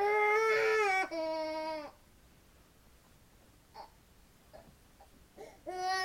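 An infant cries in two loud, high-pitched wails, the first about a second long, the second held with a falling pitch. A few soft whimpers follow in a quiet room, then another loud wail begins. It is an ordinary baby cry.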